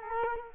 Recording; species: mosquito wingbeat signal from an infrared sensor; Culex quinquefasciatus